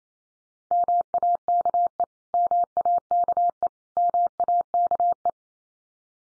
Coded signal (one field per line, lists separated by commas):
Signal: Morse code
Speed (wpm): 28 wpm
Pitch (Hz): 700 Hz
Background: none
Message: MAKE MAKE MAKE